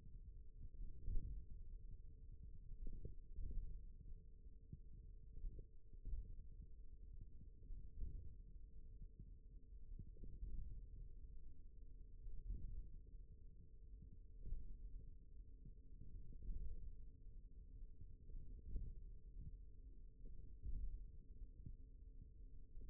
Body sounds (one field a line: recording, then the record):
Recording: forearm muscle sounds (acoustic myography)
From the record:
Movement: hand opening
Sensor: system 1, eight BSWA MPA416 microphones around the upper forearm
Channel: 2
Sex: male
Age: 41 years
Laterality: right